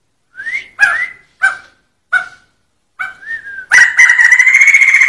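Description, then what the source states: Sumatran laughingthrush song: upslurred whistles and several sharp, bark-like notes, then a sustained rapid rolling trill that slowly rises. Rolling song style called 'ngerol'.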